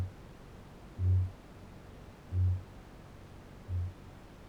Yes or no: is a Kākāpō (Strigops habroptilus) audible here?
yes